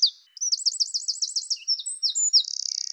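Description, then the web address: Eurasian wren song: a fast, high, rattling trill of repeated looping notes, then varied sharp chips ending in a rapid buzzy trill. "Troglodytes troglodytes"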